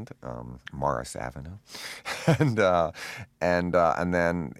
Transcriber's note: laughter